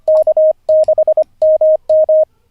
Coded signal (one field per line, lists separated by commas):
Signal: Morse code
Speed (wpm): 25 wpm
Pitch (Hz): 620 Hz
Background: radio noise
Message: K6MM